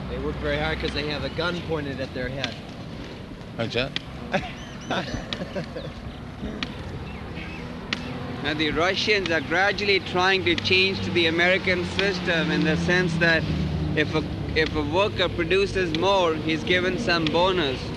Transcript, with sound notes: They work very hard because they have a gun pointed at their head.
Ācchā? [laughter]
Now the Russians are gradually trying to change to the American system in the sense that if a worker produces more, he is given some bonus.